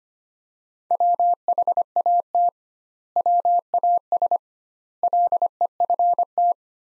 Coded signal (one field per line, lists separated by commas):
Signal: Morse code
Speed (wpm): 25 wpm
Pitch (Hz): 700 Hz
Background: none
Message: WHAT WAS LEFT